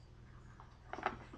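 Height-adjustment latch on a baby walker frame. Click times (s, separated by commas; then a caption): 1.1 s. The plastic frame of a Baby Trend baby walker is raised until its height-adjustment latch clicks into the first notch, with a faint tick at 0.6 s and a sharper knock at 0.9 s as the frame moves. The latch clicks loudest at 1.1 s, seating in the first height position.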